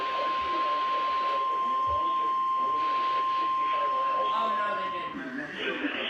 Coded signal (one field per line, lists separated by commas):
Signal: Emergency Alert System (SAME) tones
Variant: 1050 Hz attention tone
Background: speech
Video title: The Never Ending Storms Part 2! EAS Alerts from 6/13/2023 - 6/14/2023. [EAS #1,730 - #1,792]